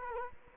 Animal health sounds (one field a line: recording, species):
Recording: mosquito wingbeat signal from an infrared sensor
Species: Culex quinquefasciatus